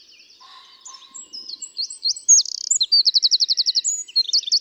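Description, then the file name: Eurasian wren song starting quietly, then bursting into high, fast notes, a short buzzy rattle and a rapid repeated trill of looping notes. "Troglodytes troglodytes"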